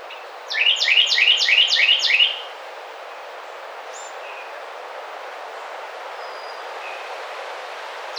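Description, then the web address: Carolina wren delivering one quick run of five or six ringing, downward-sweeping double notes, followed by quiet background hiss and a few faint bird notes. Recorded 27 May 2009. "Carolina Wren 2009 05 27"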